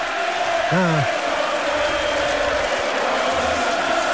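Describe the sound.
A crowd cheers in a steady, dense roar lasting throughout, with one voice letting out a short rising-and-falling whoop near the start.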